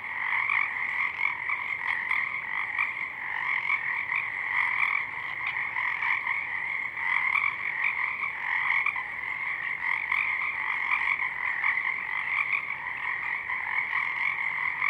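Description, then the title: Pacific chorus frogs calling in a dense, continuous chorus of overlapping croaks, a steady throbbing wall of sound throughout. Chorus of many frogs at dusk; downmixed to stereo from a double mid-side recording; frogs in full chorus early in the season. "Pacific Chorus Frogs (Pseudacris regilla), dusk"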